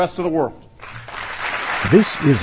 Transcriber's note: applause